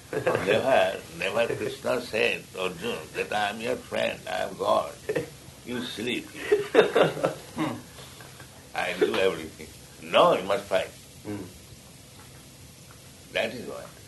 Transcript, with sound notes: Never, never Kṛṣṇa said to Arjuna that "I am your friend. I am God. You sleep here. [laughter] I'll do everything." No. "You must fight." That is wanted.